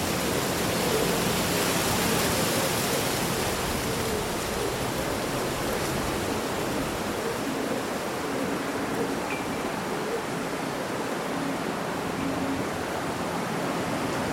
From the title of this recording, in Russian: Прохладный летний день: Шелест листвы и пение птиц